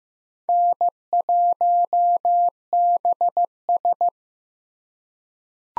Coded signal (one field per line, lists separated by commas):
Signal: Morse code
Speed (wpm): 15 wpm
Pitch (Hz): 700 Hz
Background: none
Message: N1BS